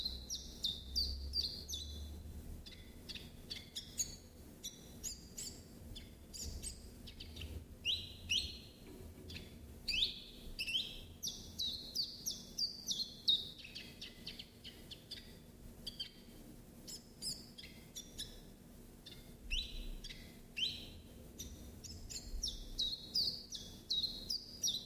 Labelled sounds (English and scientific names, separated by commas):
Common Chiffchaff (Phylloscopus collybita) song